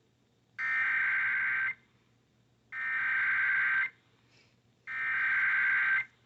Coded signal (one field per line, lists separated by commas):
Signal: Emergency Alert System (SAME) tones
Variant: header bursts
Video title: WCOS uses NWSCAP?! | EAS #1-13 (1/4-5/2023)